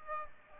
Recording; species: mosquito wingbeat signal from an infrared sensor; Aedes aegypti